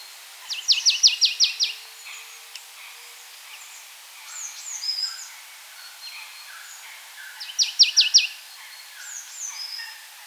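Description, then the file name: Marsh tit delivering two bursts of several quick, sharp descending notes roughly seven seconds apart, with softer calls in between. "Poecile palustris"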